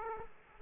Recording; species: mosquito wingbeat signal from an infrared sensor; Aedes aegypti